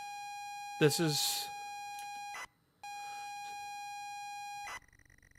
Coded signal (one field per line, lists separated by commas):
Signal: ZX Spectrum tape loading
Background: speech